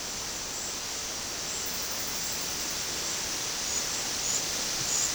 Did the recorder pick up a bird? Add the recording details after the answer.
no. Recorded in dense forest near Puerto Asís, Putumayo, Colombia, on 21 February 2024 at 14:00. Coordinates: 0.485, -76.325. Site G6429